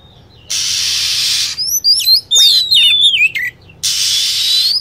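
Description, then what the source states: Lovebird calls: a burst of rapid, piercing chirps and twisting squeaks, framed by blocks of broad hissing noise before and after. Lure sound used to attract lovebirds.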